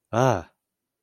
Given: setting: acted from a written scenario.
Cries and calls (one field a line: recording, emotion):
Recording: vocal sound without words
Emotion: fear